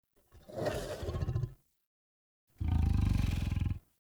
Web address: Soulframe. Wolf Vocals Movement Wolf Growl Relaxed Jog